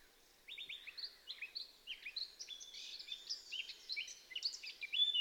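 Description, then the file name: Eurasian blackcap song of quick, buzzy chirps and whistles running continuously and building slightly toward the end, with a soft hiss behind. "Sylvia atricapilla"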